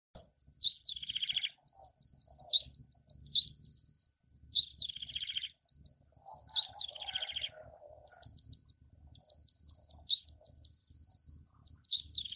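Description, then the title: Bar-winged prinia giving short bursts of high, dry chirping twitters, coming in brief runs every few seconds, over a steady high insect-like whine and low rumbling background. "Suara Burung Ciblek"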